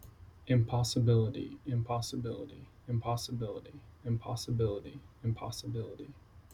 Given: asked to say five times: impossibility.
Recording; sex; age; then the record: repeated word; male; 30 to 39 years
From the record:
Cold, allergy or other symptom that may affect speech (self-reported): no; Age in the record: 30 years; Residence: Virginia, United States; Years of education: 18